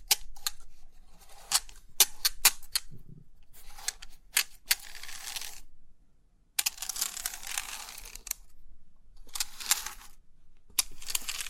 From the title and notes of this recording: Crisp 3D Pin Art Tingles(No Talking).